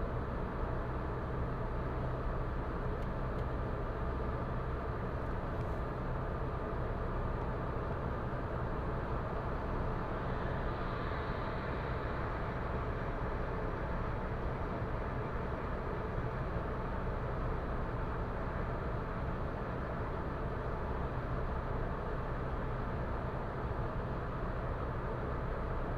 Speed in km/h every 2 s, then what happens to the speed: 112, 112, 113, 114, 114, 114, 114, 115, 115, 115, 115, 115, 115.
0-26 steady at about 114.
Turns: none.